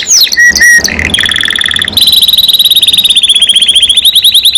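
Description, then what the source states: Canary song: brief chirps, then a long high rolling trill that continues steadily for several seconds. Domestic canary described as gacor, singing constantly, and as a first-place champion songbird.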